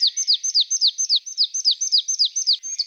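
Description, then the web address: Marsh tit: a rapid series of high, short descending notes repeated about four times per second, without other sounds. "Parus palustris"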